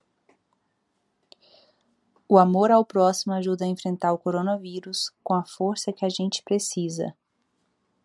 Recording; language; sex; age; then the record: spoken sentence; Brazilian Portuguese; female; 20 to 29 years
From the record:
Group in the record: control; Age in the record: 29 years